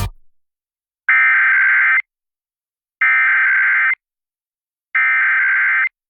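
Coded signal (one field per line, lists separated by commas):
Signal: Emergency Alert System (SAME) tones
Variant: header bursts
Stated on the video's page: Required monthly and weekly EAS tests from Minnesota NOAA Weather Radio KEC65 and Rochester/Mankato broadcast stations.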